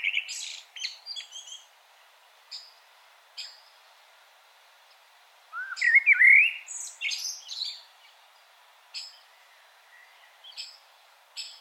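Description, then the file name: Common blackbird song, scattered high chips and clicks, then a looping fluted warble with high twittering about midway. "Turdus merula"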